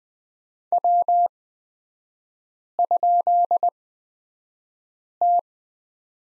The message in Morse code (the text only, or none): W?T